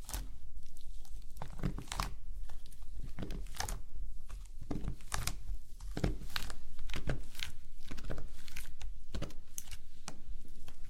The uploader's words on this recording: ASMR SLIME SATISFYING - NO TALKING.